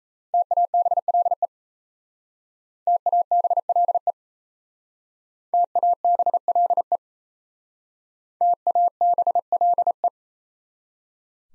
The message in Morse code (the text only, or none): TABLE TABLE TABLE TABLE